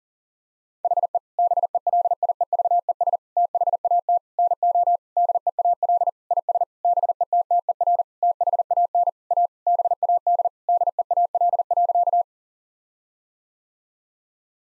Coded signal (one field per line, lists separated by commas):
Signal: Morse code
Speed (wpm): 40 wpm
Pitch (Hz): 700 Hz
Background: none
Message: HE BELIEVES THAT NO DEAL IS BETTER THAN A BAD DEAL.